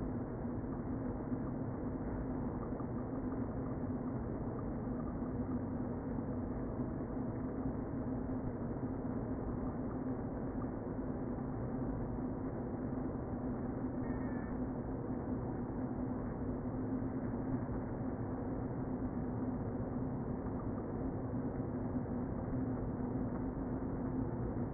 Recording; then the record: honeybee colony, microphone inside the hive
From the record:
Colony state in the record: queen present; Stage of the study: before two queens were removed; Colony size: about 60,000 bees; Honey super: yes